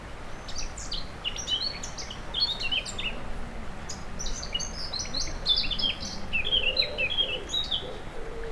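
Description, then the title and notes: Warbler song, a rapid run of high, chirpy, varied notes. Near the Sierroz river, allée Marcel Mailly, Aix-les-Bains, France; warblers singing without competition at this time of year; river level very low. "3 Rue des Pélicans, 73100 Aix-les-Bains, France - Fauvettes. Près du Sierroz allée Marcel Mailly , les fauvettes sont sans concurrence à cette époque , le niveau du Sierroz est très bas"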